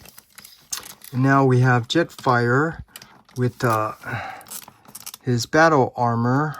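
A plastic hook-and-tab armor piece on a FUGU FG-01 Macross VF1S God of Flame with Fast Pack Armor Deluxe Version action figure is pushed into its tab slot, giving a few faint ticks and then one strong, sharp snap at 0.7 s. The piece tabs into place and is seated, and then someone talks.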